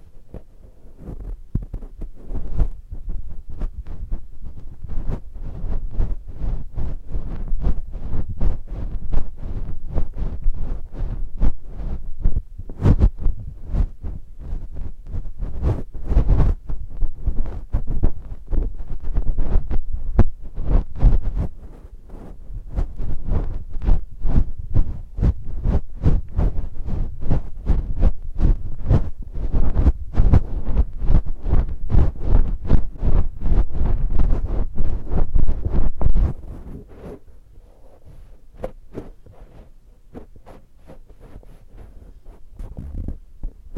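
Fingers tap and brush against a surface in a fast, dense stream of soft, low thumps. The touching keeps up steadily for about 36 seconds, then drops to a quiet hush with only scattered light taps, picking up slightly at the very end.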